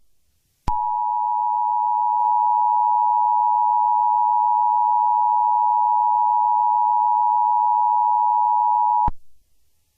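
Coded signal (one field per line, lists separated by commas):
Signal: Emergency Alert System (SAME) tones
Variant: 853 and 960 Hz attention tone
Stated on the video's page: Fake Danish EAS alert, not the real Emergency Alert System in Denmark.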